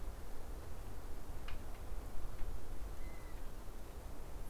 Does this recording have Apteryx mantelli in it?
no